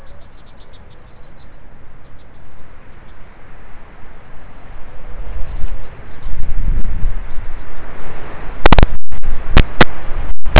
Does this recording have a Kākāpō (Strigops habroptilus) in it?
no